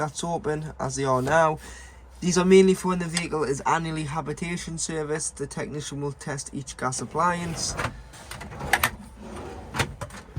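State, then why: Not seated. Someone talks while handling the cupboard door catches on the furniture of a Hymer Exsis T588 motorhome, followed by a few short, sharp knocks near the end. Nothing has clicked into place yet.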